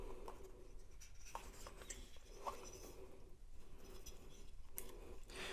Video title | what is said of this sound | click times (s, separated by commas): (613) Volibel Fingerprint Smart Lock Installation App Setup & Review | all right here to click in place | 4.8 s